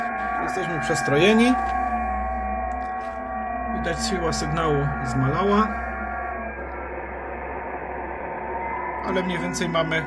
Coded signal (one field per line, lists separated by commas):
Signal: FT8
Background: speech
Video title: Antena Magnetic Loop HF - prosta antena na wyprawy